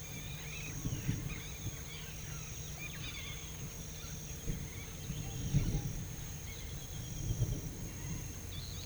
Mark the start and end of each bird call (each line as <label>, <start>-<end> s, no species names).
bird call, 0.00-3.75 s
bird call, 6.35-7.69 s